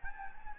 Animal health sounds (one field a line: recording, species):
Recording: mosquito wingbeat signal from an infrared sensor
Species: Anopheles gambiae